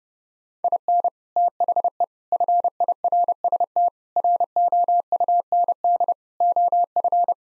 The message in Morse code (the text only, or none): IN THE FIRST ROUND OF